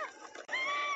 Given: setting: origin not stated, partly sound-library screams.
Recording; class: one-second piece from a danger detection set; woman in danger